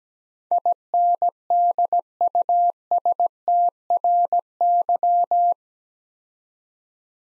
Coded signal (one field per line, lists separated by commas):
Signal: Morse code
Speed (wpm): 17 wpm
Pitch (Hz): 700 Hz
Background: none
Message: INDUSTRY